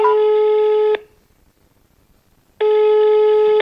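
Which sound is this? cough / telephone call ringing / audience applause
telephone call ringing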